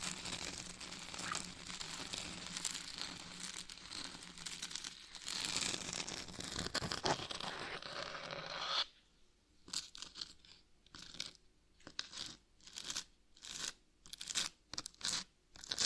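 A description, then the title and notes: Dense, rough scratching rasps continuously for about nine seconds, then breaks into short, separate scrapes with near-silent gaps until the end. ASMR Brain Melting Scratching (No Talking).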